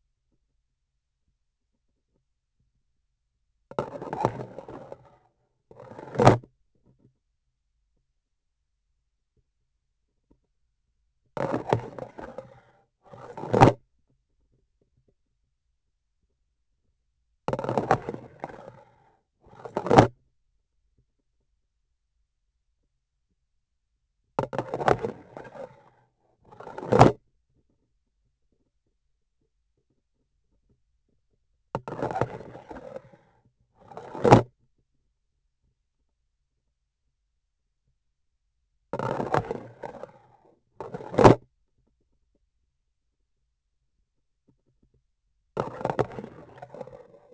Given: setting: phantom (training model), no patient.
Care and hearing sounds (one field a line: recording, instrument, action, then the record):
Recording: laparoscopic instrument, vibration sensor on the handle end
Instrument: grasping forceps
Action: insertion and removal through the trocar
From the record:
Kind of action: spatial motion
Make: other than Olympus